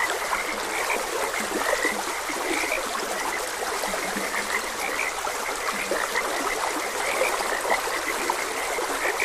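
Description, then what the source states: Scattered frog croaks, quick notes now and then, set against a steady burbling flow of water. Frogs croaking beside a gentle stream.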